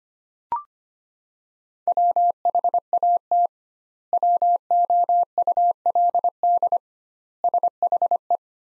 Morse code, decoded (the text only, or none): WHAT WOULD SHE